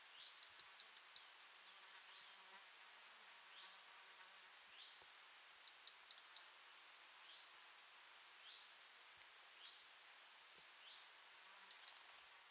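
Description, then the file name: European robin calls: quick bursts of sharp ticking clicks alternating with single thin, very high whistles every few seconds, over a quiet hiss. "Erithacus rubecula"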